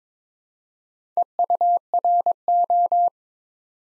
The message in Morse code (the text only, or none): EURO